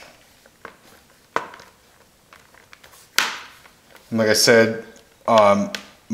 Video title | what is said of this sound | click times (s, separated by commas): How To Repair Laptop Screen (Samsung NP-QX410-S02US) | and they will all start snapping back into place. | 1.4 s, 3.2 s